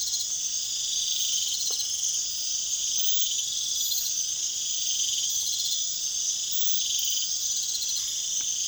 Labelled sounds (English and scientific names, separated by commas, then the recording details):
none
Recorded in pastures near Puerto Asís, Putumayo, Colombia, on 29 June 2025 at 02:30
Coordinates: 0.502, -76.324
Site G010